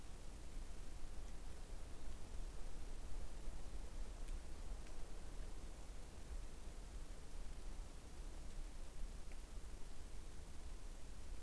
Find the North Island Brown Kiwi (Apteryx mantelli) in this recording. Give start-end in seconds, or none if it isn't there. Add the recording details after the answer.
none. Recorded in New Zealand on 21 November 2014. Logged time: 01:28. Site CL78